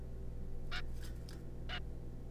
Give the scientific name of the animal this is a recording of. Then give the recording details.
Taeniopygia guttata. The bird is a juvenile. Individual R3549